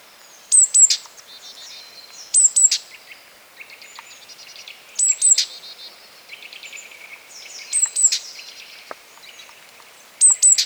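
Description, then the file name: Great tit producing sharp, very high double and triple call notes spaced two to three seconds apart, while other small birds twitter softly in the background. "Parus major"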